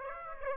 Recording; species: mosquito wingbeat signal from an infrared sensor; Aedes aegypti